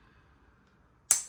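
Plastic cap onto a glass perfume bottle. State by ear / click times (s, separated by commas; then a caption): seated / 1.1 s. A plastic, marble-look cap is pushed back onto a Molton Brown Russian Leather glass perfume bottle. After a quiet stretch, one sharp snap at 1.1 s shows the cap seating in place.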